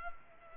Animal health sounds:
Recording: mosquito wingbeat signal from an infrared sensor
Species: Culex pipiens

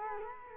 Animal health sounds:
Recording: mosquito wingbeat signal from an infrared sensor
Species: Culex quinquefasciatus

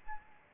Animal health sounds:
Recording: mosquito wingbeat signal from an infrared sensor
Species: Aedes albopictus

